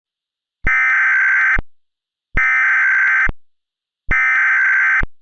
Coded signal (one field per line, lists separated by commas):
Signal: Emergency Alert System (SAME) tones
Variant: header bursts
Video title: EAS Scenario 5: Winter wrath